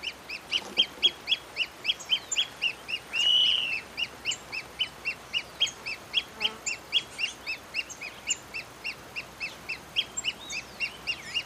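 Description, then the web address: Pearl kite chattering: a continuous run of high, clipped notes, interrupted once by a drawn-out whistled note. "Pearl kite. کورکور-مرواریدی"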